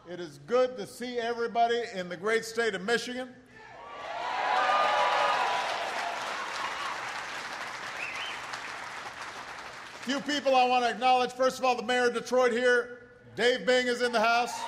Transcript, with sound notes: It is good to see everybody in the great state of Michigan. (Applause.) A few people I want to acknowledge -- first of all, the Mayor of Detroit here -- Dave Bing is in the house.